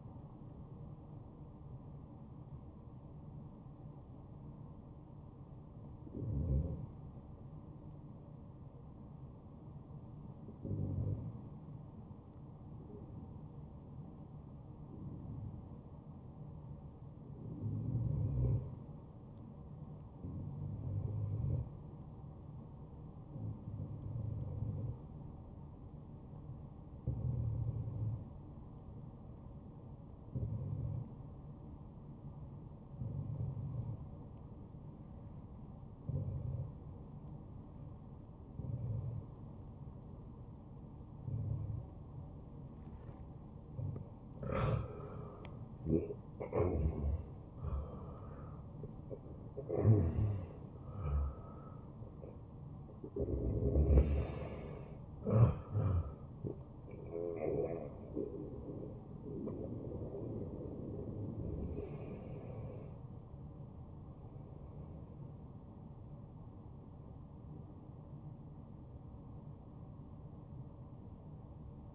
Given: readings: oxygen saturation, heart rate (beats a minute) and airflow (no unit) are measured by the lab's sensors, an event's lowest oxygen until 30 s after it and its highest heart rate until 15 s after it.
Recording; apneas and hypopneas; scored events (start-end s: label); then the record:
breathing in sleep by a smartphone at the bedside; 1
0.00-4.00 s: awake
4.00-45.30 s: obstructive apnea (N1, oxygen 96% highest, then 87% lowest, heart rate 90 at the start, 90 highest)
4.00-64.00 s: new sleep stage, N1 (lightest sleep)
64.00-71.95 s: new sleep stage, N2 (light sleep)
From the record:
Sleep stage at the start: awake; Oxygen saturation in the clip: 87 to 96%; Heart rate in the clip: 60 to 91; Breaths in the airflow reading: 6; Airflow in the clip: -14.3 to 8.7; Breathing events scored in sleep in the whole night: 263 in 5.5 hours asleep